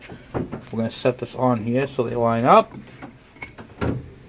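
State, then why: Seated. Someone talks while a magneto flywheel rotor is set onto the keyed crankshaft taper of a Kawasaki KV75 engine during a CDI conversion, lining the Woodruff (half-moon) key up with its keyway. Two sharp metallic clunks at 3.4 s and 3.8 s mark the rotor dropping on and seating in place. The nut is left untightened because the engine is not being started that day.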